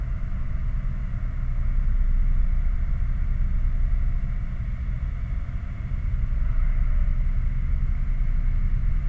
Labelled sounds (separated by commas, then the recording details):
machinery, flare stack
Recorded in the Prudhoe Bay oil fields, Alaska, on 11 August 2019 at 22:26
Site 29